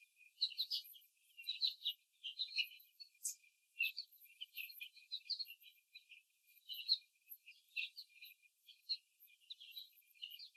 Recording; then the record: young laying hens in a cage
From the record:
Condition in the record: after the stressor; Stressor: simulated dog barking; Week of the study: 3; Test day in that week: 1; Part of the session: 1